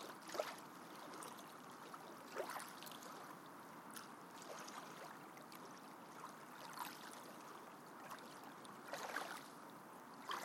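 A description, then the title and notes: Steady lake water laps and trickles, with small splashes breaking through at about 0.4, 2.4, 6.8 and 9 seconds. ASMR Lake Ambiance White Noise.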